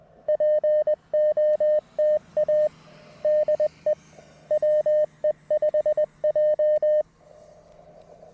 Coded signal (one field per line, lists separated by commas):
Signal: Morse code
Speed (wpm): 20 wpm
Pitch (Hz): 590 Hz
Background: radio noise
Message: POTA DE WE5J